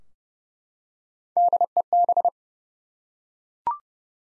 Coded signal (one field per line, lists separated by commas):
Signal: Morse code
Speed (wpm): 30 wpm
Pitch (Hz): 700 Hz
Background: none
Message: DEB